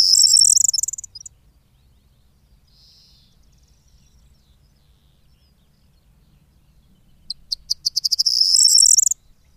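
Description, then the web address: Corn bunting singing a high jangle that fades out early, then after a quiet gap a new phrase of quickening clicks running into a rattling, jingling flourish. "agykontroll Madardalok Cd 2. Sordély"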